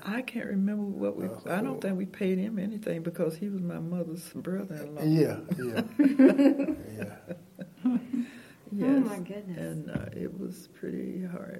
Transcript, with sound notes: I can’t remember what we–I don’t think we paid him anything, because he was my mother’s brother-in-law. (laughter)
Yeah, yeah.
Yes, and it was pretty hard.